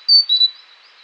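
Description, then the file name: Great tit singing one high, clear two-note phrase, a sharp higher whistle dropping to a slightly lower note, then silence. "Parus major"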